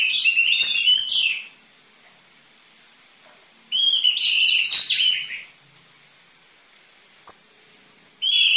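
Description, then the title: Orange-headed thrush song: rich warbled phrases alternating with high whistles sliding downward, and a short sharp note, separated by pauses. Vigorous song with dense fill-in material, for tutoring caged birds of the spotted variety. "PANCINGAN Anis Merah Gacor Materi Isian Rapat Cocok Untuk MASTERAN Anis Merah TROTOL"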